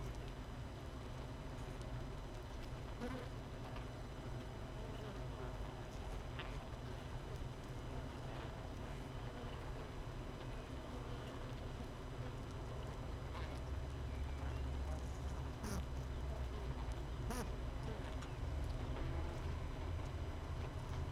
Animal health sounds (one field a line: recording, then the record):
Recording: honeybee colony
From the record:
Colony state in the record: missing queen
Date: 31 May 2018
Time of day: 6:36